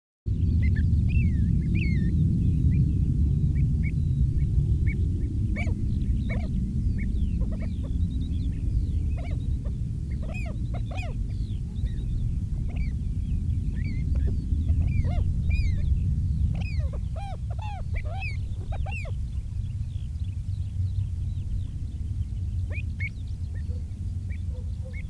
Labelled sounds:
Pied Avocet (Recurvirostra avosetta) call

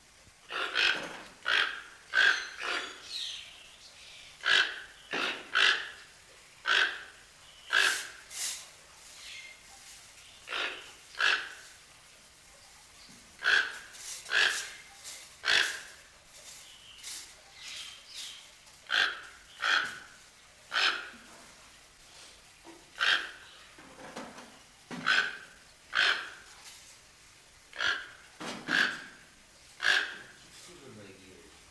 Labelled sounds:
Toco Toucan (Ramphastos toco) call

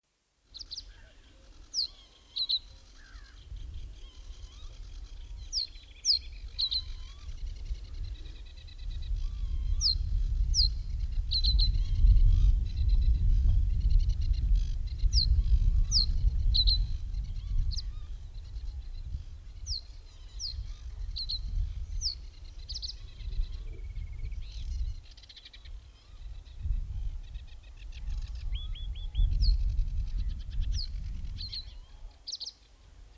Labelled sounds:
Reed Bunting (Emberiza schoeniclus) song

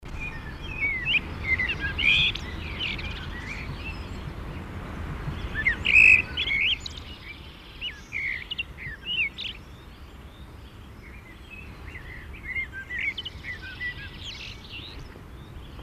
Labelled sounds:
Common Blackbird (Turdus merula) song

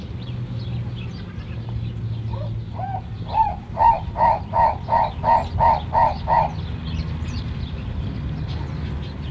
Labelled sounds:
Black-billed Turaco (Tauraco schuettii) call

